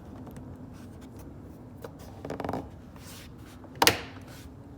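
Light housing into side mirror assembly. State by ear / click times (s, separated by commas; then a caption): seated / 3.8 s. The light housing on a 2015 Suburban side mirror assembly is lined up and pressed in, with soft handling and rubbing sounds around 2.3–2.6 s. A sharp snap at 3.8 s marks the housing popping into place, seated in the mirror assembly.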